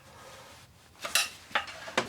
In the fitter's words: as soon as I get these little tabs into the holes they're supposed to go in everything just pops out again they don't actually lock into place